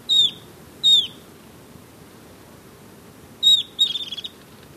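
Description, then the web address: Golden-faced tyrannulet calling clear, high, downslurred whistles: two notes, a pause, then another note followed by a short stuttering chatter. Ecuador. "Birds of Ecuador Golden-Faced Tyrannulet"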